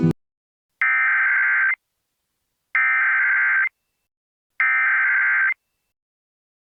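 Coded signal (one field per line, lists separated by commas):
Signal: Emergency Alert System (SAME) tones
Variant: header bursts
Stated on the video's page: Fictional EAS scenario, remastered, not a real alert.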